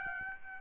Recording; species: mosquito wingbeat signal from an infrared sensor; Aedes albopictus